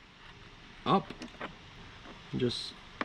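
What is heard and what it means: A yellow wire's terminal, lock tab up, is handled at pin 12 of a plastic Accuair main harness connector housing while someone talks. A brief sharp tick is heard near the end at 3.0 s, but the terminal has not yet clicked or seated into the connector.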